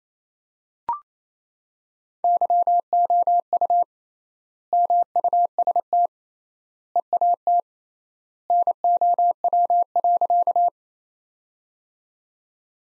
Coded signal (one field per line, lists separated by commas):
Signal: Morse code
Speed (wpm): 27 wpm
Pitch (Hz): 700 Hz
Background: none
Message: YOU MUST EAT NOW.